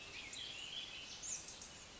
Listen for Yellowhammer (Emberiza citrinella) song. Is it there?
no